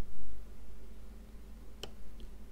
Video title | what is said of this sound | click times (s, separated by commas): Garmin Fenix 5S Battery Replacement | i heard that snap in um | 1.8 s